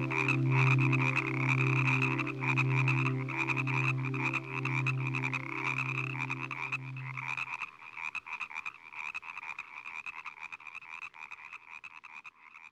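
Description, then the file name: Frog croaking with a low pulsing drone that stops after about seven seconds, leaving a thinner high trilling that fades quieter. "Nature Collection - Croak Frog Calls"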